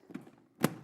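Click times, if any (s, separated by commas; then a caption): 0.6 s. A plastic lid is pushed onto a folding craft storage cube made of folded-up trays. A soft tap at 0.2 seconds is followed by a sharp click at 0.6 seconds as the lid clicks into place and seats shut.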